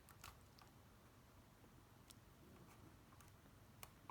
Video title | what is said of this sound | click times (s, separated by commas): Crystal EVO Multimedia Knob installation for BMW, Part 4 | there it is snap then you lock it by pressing the cable lock | 3.8 s